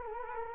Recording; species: mosquito wingbeat signal from an infrared sensor; Culex quinquefasciatus